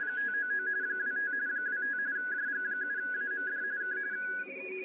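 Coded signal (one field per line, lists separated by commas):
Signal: RTTY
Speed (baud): 45.45 baud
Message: 599 25 25 JG7AMD K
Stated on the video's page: Amateur RTTY contest operation in CQ WW DX Contest.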